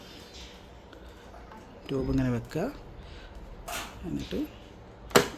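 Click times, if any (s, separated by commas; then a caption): 5.2 s. Someone talks while the black connector end of a CPAP hose is pushed into the machine's air outlet port. A single sharp click at 5.2 s marks the connector locking into place, seated.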